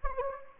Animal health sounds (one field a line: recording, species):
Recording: mosquito wingbeat signal from an infrared sensor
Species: Anopheles gambiae